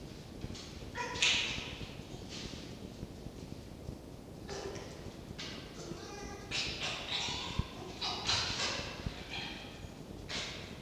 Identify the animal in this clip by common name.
Red Fox